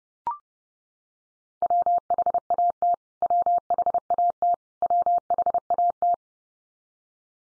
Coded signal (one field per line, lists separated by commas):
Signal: Morse code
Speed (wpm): 30 wpm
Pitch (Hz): 700 Hz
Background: none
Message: WHAT WHAT WHAT